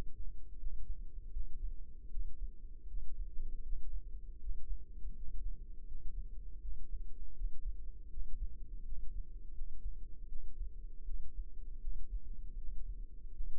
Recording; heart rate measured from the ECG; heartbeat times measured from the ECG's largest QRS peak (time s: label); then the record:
heart sounds by microphone in the left ear; 80 bpm
0.56 s: heartbeat
1.30 s: heartbeat
2.08 s: heartbeat
2.85 s: heartbeat
3.60 s: heartbeat
4.37 s: heartbeat
5.13 s: heartbeat
5.84 s: heartbeat
6.59 s: heartbeat
7.32 s: heartbeat
8.08 s: heartbeat
8.82 s: heartbeat
9.51 s: heartbeat
10.26 s: heartbeat
11.03 s: heartbeat
11.78 s: heartbeat
12.55 s: heartbeat
13.30 s: heartbeat
From the record:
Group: healthy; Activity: rest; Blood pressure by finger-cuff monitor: 113/64 mmHg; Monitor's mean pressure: 80 mmHg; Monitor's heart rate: 79 bpm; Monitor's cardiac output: 6.8 L/min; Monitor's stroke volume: 87 mL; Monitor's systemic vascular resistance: 850 dyn s/cm5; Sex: female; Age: 26 years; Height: 165 cm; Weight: 55 kg